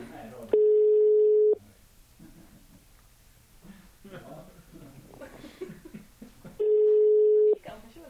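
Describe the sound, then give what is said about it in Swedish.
As a phone call is placed, a telephone ringing tone sounds twice, each a loud, steady low-pitched hum lasting about a second, separated by several seconds of muffled voices and background chatter. “Okej, då ringer vi.”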